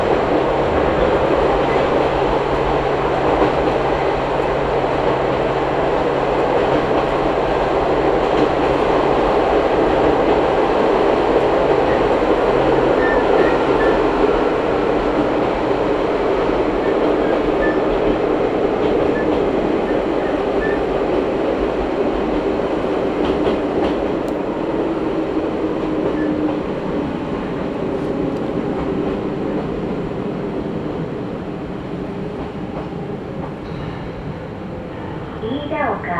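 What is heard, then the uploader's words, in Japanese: A ride on the Izu-Hakone Railway Daiyuzan Line from Daiyuzan toward Anabe, with a steady, dense rolling rumble of the train running throughout. A low motor hum sits under it for the first twenty seconds, with scattered rail clicks, before the noise eases slightly near the end. 伊豆箱根鉄道 大雄山線 大雄山→穴部。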